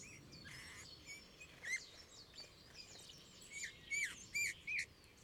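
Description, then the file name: Eurasian bullfinch giving short whistled calls mostly in the second half, several bright downslurred notes in quick succession, with thin high chirps throughout. "Pyrrhula pyrrhula"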